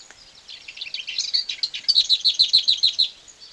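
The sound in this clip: Bird song: a high scratchy jumble of chirps, then a clear trill of evenly spaced, bright notes repeated quickly before it stops.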